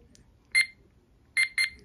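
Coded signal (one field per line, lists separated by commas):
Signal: beep code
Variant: RadioShack talking watch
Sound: one short electronic beep, a pause, then two quick beeps, all high-pitched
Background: quiet room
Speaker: okay two beeps is alarm set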